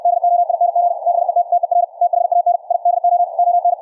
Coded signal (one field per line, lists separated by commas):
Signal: Morse code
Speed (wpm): 64 wpm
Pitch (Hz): 700 Hz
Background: none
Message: DOING BETTER THAN I DO ON